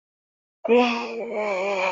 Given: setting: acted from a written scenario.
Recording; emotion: vocal sound without words; ecstasy